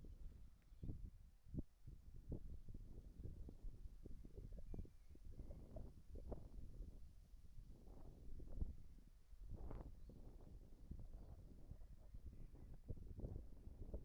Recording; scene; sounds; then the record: everyday scene through a hearing-aid microphone; wind on the microphone; wind, whistling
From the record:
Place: in front of a rural house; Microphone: behind the ear, right, rear